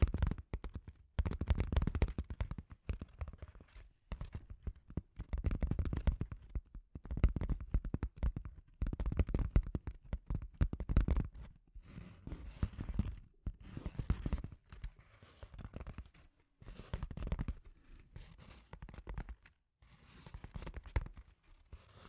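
Scratchy tapping runs in dense, irregular bursts with brief pauses, mostly low and rough with sharp clicky edges, continuing throughout.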